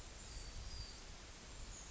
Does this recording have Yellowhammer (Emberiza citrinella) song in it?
no